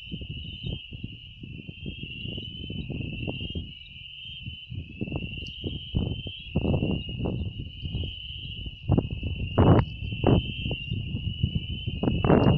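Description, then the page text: Fernandez's Dwarf Frog producing an unbroken high trill with gentle pitch wavering, accompanied by repeated low thumps and rumbles and a few brief sharp sounds near the end. Adult male, wild, recorded 29 June 2019 at Saladillo, Buenos Aires, Argentina. "Physalaemus fernandezae. Sexo: Macho"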